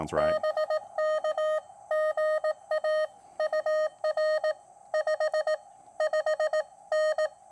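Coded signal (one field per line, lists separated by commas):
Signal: Morse code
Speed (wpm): 18 wpm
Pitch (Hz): 620 Hz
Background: speech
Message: BK GA UR 55N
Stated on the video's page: QRP POTA activation on a QRP Labs QMX high-band transceiver with a carbon fiber mast antenna.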